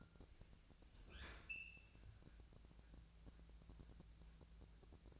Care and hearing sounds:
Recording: daily activity, microphone in the room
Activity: open fridge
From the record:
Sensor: 2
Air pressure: 999.9 hPa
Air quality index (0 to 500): 124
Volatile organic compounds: 2 ppm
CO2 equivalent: 1062 ppm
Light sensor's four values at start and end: 30/75/32/36 and 30/76/32/36

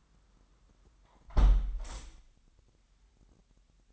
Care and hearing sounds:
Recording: daily activity, microphone in the room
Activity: close window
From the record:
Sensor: 3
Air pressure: 998.6 hPa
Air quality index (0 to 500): 151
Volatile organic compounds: 5 ppm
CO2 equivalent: 1811 ppm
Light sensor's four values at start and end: 11/26/11/12 and 10/25/11/11

